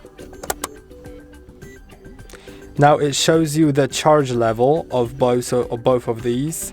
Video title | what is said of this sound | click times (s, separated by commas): INSTA360 X5 – How to Charge Batteries with Charging Station | and put it in on the other side also until it clicks. | 0.5 s, 0.6 s